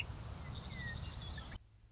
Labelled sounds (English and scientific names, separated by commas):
Western Meadowlark (Sturnella neglecta)